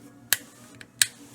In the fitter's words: just gonna go right back on and click in place just like that